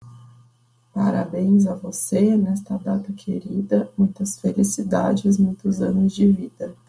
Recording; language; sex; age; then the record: short text; Brazilian Portuguese; female; 20 to 29 years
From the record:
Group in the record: control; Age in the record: 23 years